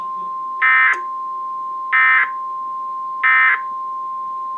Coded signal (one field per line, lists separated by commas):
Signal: Emergency Alert System (SAME) tones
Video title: TFT EAS 911I In Action!